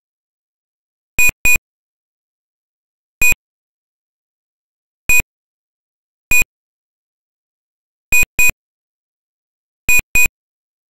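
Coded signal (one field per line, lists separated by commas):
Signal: none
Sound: game sound effect beeps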